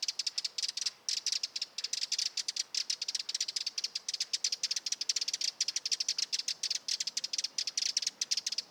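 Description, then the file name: Eurasian wren calling in quick dry clicks, strung together into a continuous rattling stream with small surges in loudness. "Troglodytes troglodytes"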